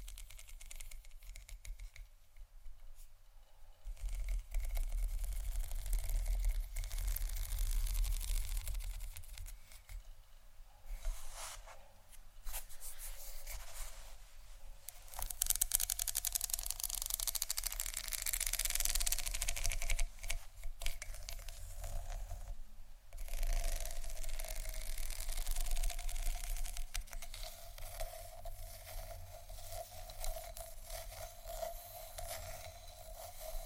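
Fingers scratch and tap on tingly textures, making dense, crackly rustling that swells and thins in waves. Brighter, louder scratching bursts come around 15–20 seconds and again after 27 seconds, with short quieter pauses near 4 and 23 seconds and a low hum underneath.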